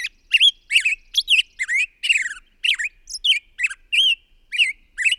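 Bird song: a continuous run of rich, harmonic chirps and squeaky whistles, each note bending up or down.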